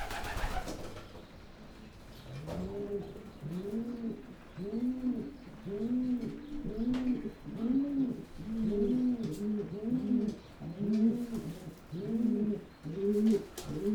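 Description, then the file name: Pigeon cooing, a quiet start and then a long series of low arched coos about once a second. "holub"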